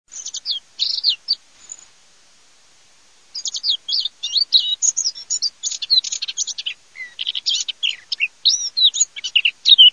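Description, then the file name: Eurasian blackcap giving a rapid jumble of scratchy, high chattering notes in bursts, with a short pause before a longer, busier stretch of varied twittering. "CAPINERA"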